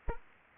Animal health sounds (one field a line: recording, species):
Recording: mosquito wingbeat signal from an infrared sensor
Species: Anopheles arabiensis